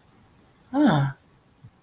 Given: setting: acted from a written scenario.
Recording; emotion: vocal sound without words; interest